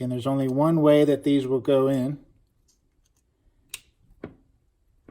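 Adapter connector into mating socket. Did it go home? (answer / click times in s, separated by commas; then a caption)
yes / 3.7 s. Someone talks for the first two seconds, then pushes a keyed plastic adapter connector into its mating socket. There is a sharp click at 3.7 s as the locking tab catches, followed by a softer tap at 4.2 s. The connector is seated and snapped in with its tab.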